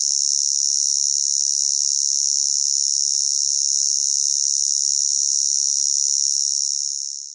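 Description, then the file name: Cricket or cicada sound: a shrill, even, continuous buzz at high pitch, unchanging until it fades away in the last half second. Loud constant single chirp; Queensland, Australia; summer. "zapsplat animals insects cricket or cicada loud single chirp constant qld australia summer"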